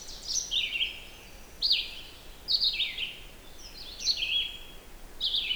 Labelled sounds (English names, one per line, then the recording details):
Red-eyed Vireo song
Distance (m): 10 m
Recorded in boreal forest in Alberta, Canada, on 16 June 2016 at 08:44
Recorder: SongMeter 3, array SBT-3-32
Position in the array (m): 148 m, 111 m